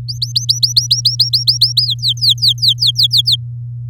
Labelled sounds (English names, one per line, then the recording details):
Domestic Canary song
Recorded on 9 May 2018 at 06:42
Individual llb16